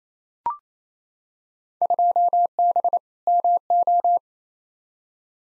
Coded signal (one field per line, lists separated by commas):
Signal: Morse code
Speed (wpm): 28 wpm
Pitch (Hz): 700 Hz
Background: none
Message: 2B MO